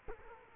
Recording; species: mosquito wingbeat signal from an infrared sensor; Culex quinquefasciatus